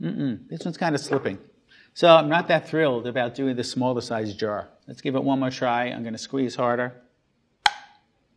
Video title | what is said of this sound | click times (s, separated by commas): 開罐頭你還在用蠻力？專家實測5款開東西工具給你看 5 Opening Kitchen Gadgets Tested 療癒廚房｜Vogue Taiwan #好家在我在家 #宅料理 | oh i hear the pop | 7.7 s